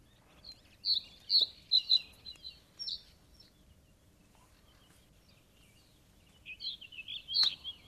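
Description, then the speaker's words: Common Reed Bunting song: a short run of sharp, high chirps in the first three seconds, a pause, then a few more bright notes near the end over a quiet background. Wetland bird whose habitat is lagoons, threatened by falling rainfall and rising temperatures drying the lagoons. "Vamos a escuchar un poquito más al escribano palustre."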